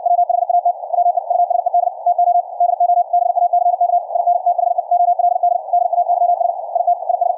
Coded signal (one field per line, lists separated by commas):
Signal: Morse code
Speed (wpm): 64 wpm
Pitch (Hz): 700 Hz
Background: none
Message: WHAT WE USED TO DO BACK IN THE OLD DAYS IT IS